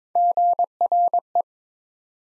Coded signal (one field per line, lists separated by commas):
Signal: Morse code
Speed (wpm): 22 wpm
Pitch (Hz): 700 Hz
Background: none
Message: GRE